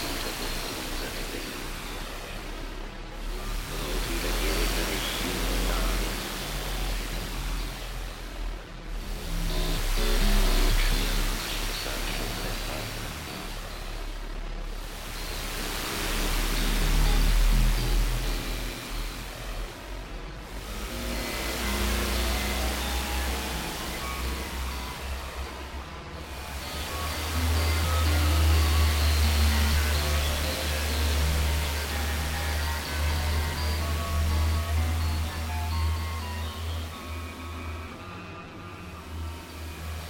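Radio static recorded during a lunar eclipse: a dense, steady hiss covering lows through highs, with a strong low hum underneath. Brief dips in the hiss recur about every six seconds, and faint tones drift in and out of the noise.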